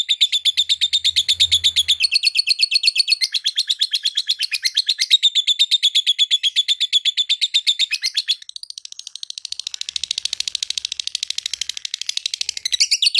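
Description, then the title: Lovebird song: a long, rapid trill of high chattering notes that turns into denser, harsher chatter for the last few seconds. Konslet song style, used for training other birds. "Masteran Lovebird Konslet"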